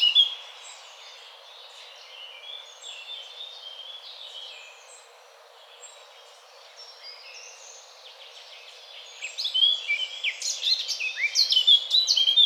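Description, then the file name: Eurasian blackcap song: soft, scratchy warbling through most of the recording, swelling into a loud, rapid sequence of whistled and chattering notes at the close. "Sylvia atricapilla"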